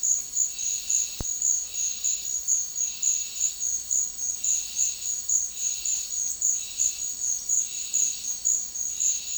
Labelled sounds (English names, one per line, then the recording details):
none
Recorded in secondary vegetation near Puerto Asís, Putumayo, Colombia, on 12 March 2025 at 12:30
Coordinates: 0.499, -76.323
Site G094